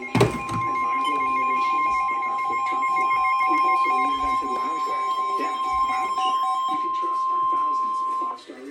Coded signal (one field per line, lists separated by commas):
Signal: Emergency Alert System (SAME) tones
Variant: 1050 Hz attention tone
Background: speech